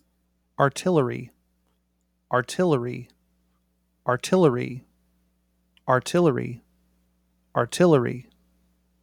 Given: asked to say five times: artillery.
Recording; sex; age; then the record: repeated word; male; 50 to 59 years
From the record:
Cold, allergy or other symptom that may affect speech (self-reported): no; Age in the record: 50 years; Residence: Oregon, United States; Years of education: 15